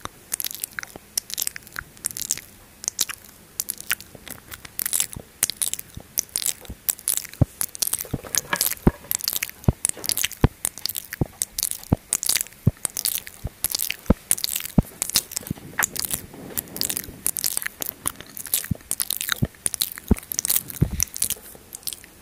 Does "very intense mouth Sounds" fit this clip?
yes